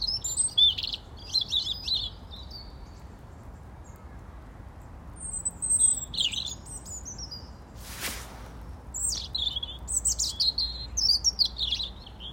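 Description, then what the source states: Robin singing with other birds, bursts of high twittering and whistled phrases separated by pauses, one sharp click midway, over low steady background noise. Robins singing together with other birds.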